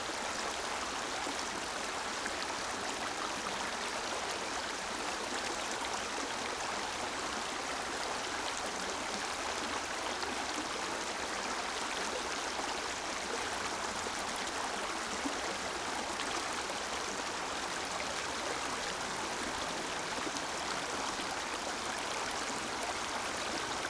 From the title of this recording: Trickling Stream